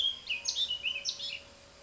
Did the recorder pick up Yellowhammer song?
no